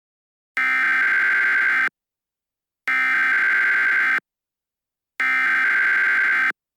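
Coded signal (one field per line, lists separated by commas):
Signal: Emergency Alert System (SAME) tones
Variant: header bursts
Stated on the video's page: Fictional EAS mock alert about SCP creatures on a rampage.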